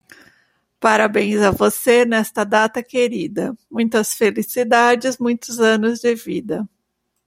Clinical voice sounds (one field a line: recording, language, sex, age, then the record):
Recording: short text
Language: Brazilian Portuguese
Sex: female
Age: 50 to 59 years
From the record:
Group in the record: control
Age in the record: 58 years